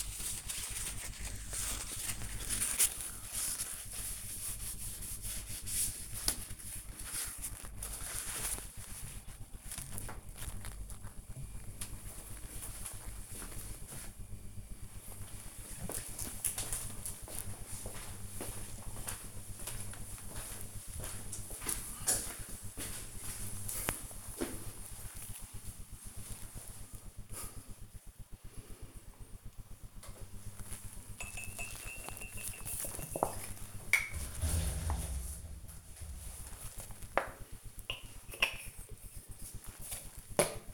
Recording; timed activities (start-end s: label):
household activities, microphone on the right wrist
0.00-9.76 s: window cleaning
29.90-40.73 s: brushing teeth